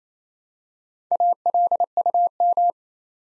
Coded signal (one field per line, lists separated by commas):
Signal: Morse code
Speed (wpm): 27 wpm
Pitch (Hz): 700 Hz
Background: none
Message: ALUM